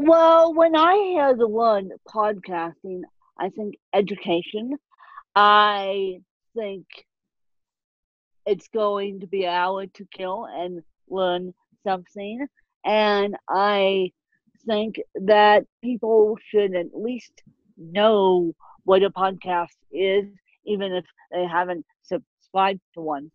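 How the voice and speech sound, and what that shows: An adult woman speaks slowly and deliberately, with drawn-out vowels and long pauses: dysarthria from ataxic spastic cerebral palsy, present since birth.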